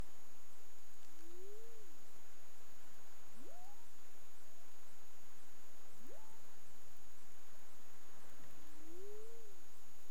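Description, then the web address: Humpback whale tonal moans: an arched whistle-like note, two sharply rising upsweeps, then another arched note, spaced a few seconds apart over steady hiss. Recorded 15 March 2035 at 16:53:57 UTC. "CARIMAM. humpback whale"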